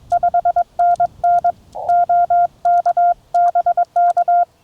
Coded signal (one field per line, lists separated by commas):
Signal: Morse code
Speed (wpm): 22 wpm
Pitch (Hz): 690 Hz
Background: none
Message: 5NN OK BK